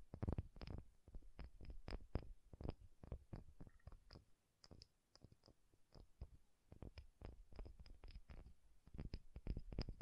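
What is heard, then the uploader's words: Soft, bassy tapping in quick, uneven bursts, each tap a dull low thud with a faint click on top. The taps cluster densely in the first two seconds, thin out and quieten around four to six seconds, then pick up again toward the end. ASMR Bassy and Soft Tapping Sounds. No Talking.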